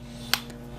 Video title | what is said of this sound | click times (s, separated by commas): Unboxing 250 PSI Vixen valves 3/8 for my lowrider blazer | can hear it snap ins I had | 0.3 s